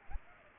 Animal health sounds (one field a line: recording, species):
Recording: mosquito wingbeat signal from an infrared sensor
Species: Aedes aegypti